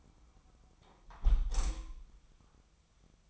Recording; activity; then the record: daily activity, microphone in the room; close window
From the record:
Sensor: 1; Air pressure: 1004.6 hPa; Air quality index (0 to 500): 110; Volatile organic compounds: 3 ppm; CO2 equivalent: 1522 ppm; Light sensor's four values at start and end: 9/21/8/9 and 8/21/8/9